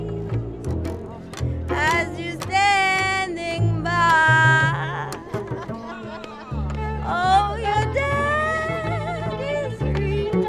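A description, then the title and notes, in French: Music from the Nuit Debout gathering at Place du Bouffay in Nantes: a deep, steady bass line in repeated blocky notes, with bright wavering melody lines, possibly voices, rising and falling above it. Sharp hits punctuate the beat, with a brief dip around six seconds. Nuit Debout à Nantes Place du Bouffay.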